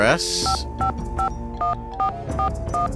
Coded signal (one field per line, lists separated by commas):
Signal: DTMF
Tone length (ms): 110 ms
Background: speech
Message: 5551441